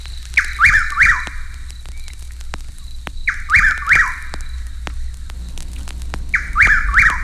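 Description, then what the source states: Chuck-will's-widow song: short phrases of three quick whistled notes, repeated with pauses between, over low hum. Described as the southern cousin of the whip-poor-will.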